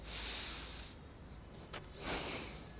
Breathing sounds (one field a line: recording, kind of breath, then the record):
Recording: one breath in and out by a microphone near the nose and mouth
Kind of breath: deep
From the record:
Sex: male